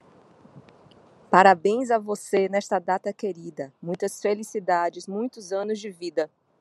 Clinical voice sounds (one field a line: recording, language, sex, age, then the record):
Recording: short text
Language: Brazilian Portuguese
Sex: female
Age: 40 to 49 years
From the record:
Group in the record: control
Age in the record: 48 years